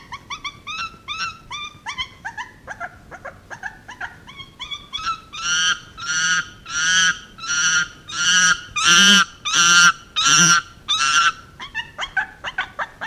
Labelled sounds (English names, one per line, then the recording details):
Chimpanzee
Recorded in captivity
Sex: female
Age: juvenile
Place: Kinderklinik der Charitè, Berlin, DE
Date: 1965-02-16
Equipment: Smaragd
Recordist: unbekannt, keine Angabe
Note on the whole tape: Band S 1111 A: "Simone" 4 Wochen und 4 Tage alt, Schreien und andere Laute beim Baden und Windeln